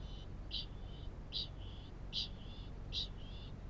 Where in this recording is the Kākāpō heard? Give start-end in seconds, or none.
0.00-3.64